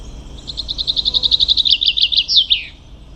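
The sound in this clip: Common chaffinch song as a steady series of bright chipping notes gradually falling, then a brief terminal flourish, with faint low background noise.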